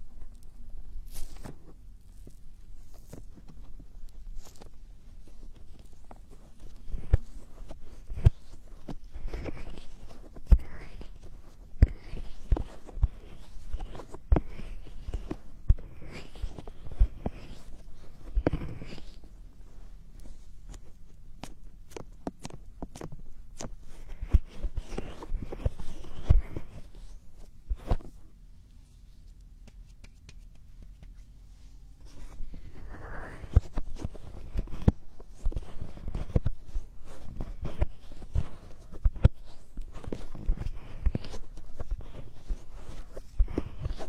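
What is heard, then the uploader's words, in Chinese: Ear picking: irregular scratchy clicks and rubbing over a low rumble, dense throughout except a brief quieter pause around thirty seconds. 掏耳朵。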